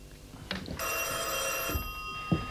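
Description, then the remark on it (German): A telephone bell rings continuously with a bright, shimmering metallic tone, sustained for over a second amid low background rumble and a few soft knocks. “Gehen Sie ran!”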